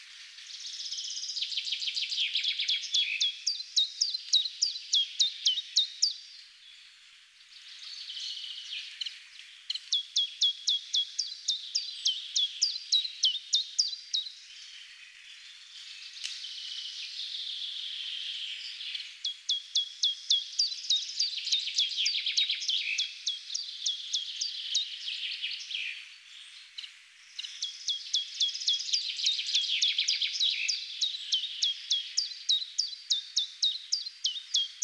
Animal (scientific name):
Phylloscopus collybita